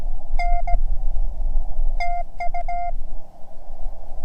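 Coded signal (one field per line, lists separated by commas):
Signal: Morse code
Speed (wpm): 17 wpm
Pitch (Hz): 700 Hz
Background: none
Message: N TU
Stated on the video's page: CW during a park activation at Cheyenne Mountain State Park by an operator learning Morse.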